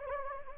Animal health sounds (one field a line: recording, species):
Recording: mosquito wingbeat signal from an infrared sensor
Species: Anopheles gambiae